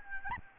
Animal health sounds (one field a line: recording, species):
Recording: mosquito wingbeat signal from an infrared sensor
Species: Aedes albopictus